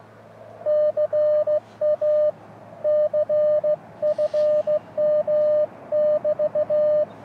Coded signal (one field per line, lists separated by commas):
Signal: Morse code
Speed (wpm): 18 wpm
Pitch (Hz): 590 Hz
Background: radio noise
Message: CA CFM<BT>